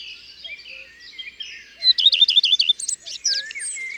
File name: Rougequeue a front blanc ABC des chants doiseaux